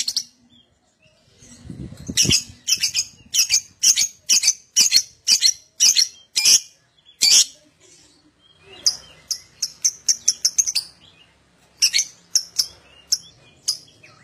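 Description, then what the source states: Lovebird song of harsh high chirps repeated about twice a second, breaking off briefly, then resuming in quicker uneven bursts. Adult lovebird singing constantly (gacor) in the 'owor owor' style.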